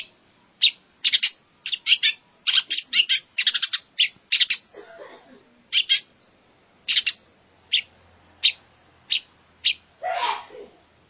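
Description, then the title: Long-tailed shrike song of clustered harsh chirps and buzzy notes, thinning into single spaced chirps, ending with a rough, grating burst. Combination song track of mixed, mimicked phrases, used for training birds. "Cendet Kombinasi"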